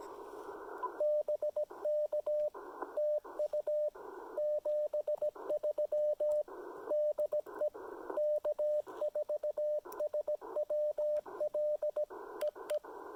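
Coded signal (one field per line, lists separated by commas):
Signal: Morse code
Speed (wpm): 18 wpm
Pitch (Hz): 600 Hz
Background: radio noise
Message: BK TU 73 DE K4SWL EE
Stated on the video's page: State park activation with Icom IC-705 and EFT-MTR end-fed antenna.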